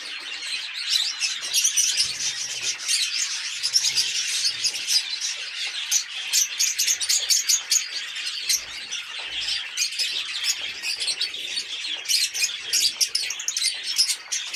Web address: nerazlucniki fiseramaskovye. agapornis fischeri